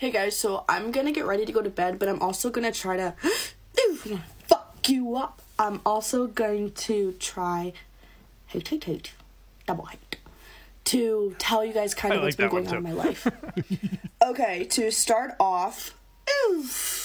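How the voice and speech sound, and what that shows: Young adult woman speaking to camera while getting ready for bed, her speech interrupted by sudden vocal tic outbursts of swearing (coprolalia) from Tourette syndrome. Her tics include swearing and insults, are triggered by music, conversations and environments, and are worse at night and in public.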